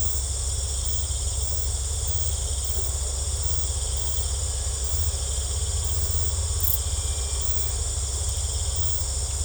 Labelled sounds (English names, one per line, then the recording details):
none
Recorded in secondary vegetation near Puerto Asís, Putumayo, Colombia, on 18 December 2024 at 18:30
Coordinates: 0.468, -76.324
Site G095